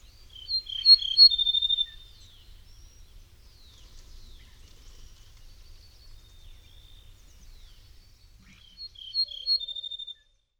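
Ortolan bunting song phrases, each several slurred notes then a rapid string of same-pitched notes, heard twice about eight seconds apart, with faint chirps between.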